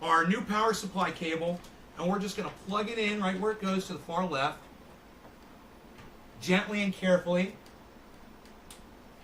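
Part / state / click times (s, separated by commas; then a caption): power cable connector into modular power supply / seated / 8.7 s. A modular power supply cable plug is pushed gently and carefully into its socket at the far left of the power supply while someone talks. After a quiet stretch, a short click at 8.7 seconds marks the connector seating into place.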